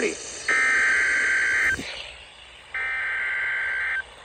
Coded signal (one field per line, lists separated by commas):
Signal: Emergency Alert System (SAME) tones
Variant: header bursts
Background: speech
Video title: EAS #2121-2122 Severe Thunderstorm Watch